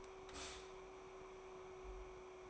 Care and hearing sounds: daily activity, microphone in the room; stop toaster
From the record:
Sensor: 1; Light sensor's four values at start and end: 4/9/3/3 and 4/9/3/3

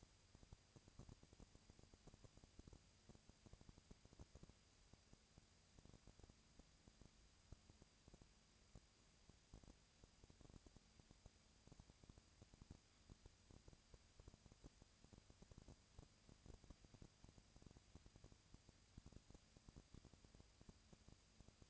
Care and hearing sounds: daily activity, microphone in the room; no activity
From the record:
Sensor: 2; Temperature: 20.1 degrees Celsius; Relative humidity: 35.5%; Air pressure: 996.9 hPa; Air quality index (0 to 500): 198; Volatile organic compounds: 30 ppm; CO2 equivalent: 2959 ppm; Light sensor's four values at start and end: 2/3/2/2 and 2/3/2/2

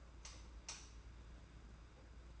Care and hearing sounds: daily activity, microphone in the room; light off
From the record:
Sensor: 2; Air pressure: 991.8 hPa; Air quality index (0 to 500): 224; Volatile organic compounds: 1000 ppm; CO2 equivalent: 7483 ppm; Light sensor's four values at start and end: 16/42/17/16 and 11/26/10/10

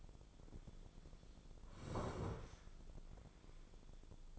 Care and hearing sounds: daily activity, microphone in the room; sit down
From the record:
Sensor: 5

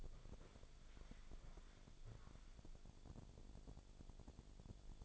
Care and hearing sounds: daily activity, microphone in the room; walk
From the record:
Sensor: 5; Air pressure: 1000.6 hPa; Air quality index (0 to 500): 140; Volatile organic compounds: 2 ppm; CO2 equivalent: 1086 ppm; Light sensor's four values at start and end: 45/106/44/46 and 45/106/44/46

